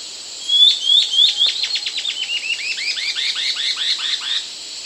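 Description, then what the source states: White-cheeked antbird song: a rapid series of many sharp notes, starting high and thin, then lower, downslurred chevron-shaped notes. South America.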